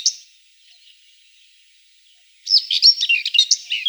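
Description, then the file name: Common whitethroat song: a brief note with a faint trailing sound, a pause, then a fast, scratchy, jumbled warble running to the end. "Slavka seraja"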